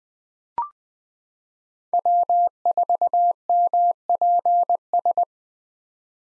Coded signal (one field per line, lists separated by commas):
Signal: Morse code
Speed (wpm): 20 wpm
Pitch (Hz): 700 Hz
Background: none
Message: W4MPS